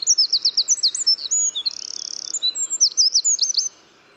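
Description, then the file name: Eurasian wren singing a high, hurried phrase of sharp zipping notes with a dry buzzing trill in the middle, ending abruptly. "Troglodytes troglodytes"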